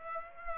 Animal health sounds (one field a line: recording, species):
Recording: mosquito wingbeat signal from an infrared sensor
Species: Aedes aegypti